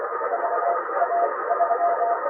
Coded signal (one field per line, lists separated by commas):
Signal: Morse code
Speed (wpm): 24 wpm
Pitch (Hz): 690 Hz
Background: radio noise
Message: VA3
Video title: 12-22-2025 - On the Key with VA3EWV - The weather outside is frighting so we are going to hunt POTA